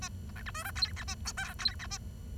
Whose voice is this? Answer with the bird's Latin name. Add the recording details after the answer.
Lonchura striata domestica. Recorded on 23 June 2012 at 10:33. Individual gr41rd51